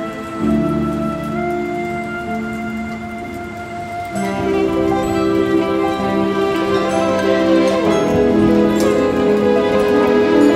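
Piano music plays over the sound of a thunderstorm, with sustained notes and chords ringing out steadily. A constant hiss of rain runs underneath throughout. Around four seconds the playing grows fuller and louder, staying dense and bright to the end.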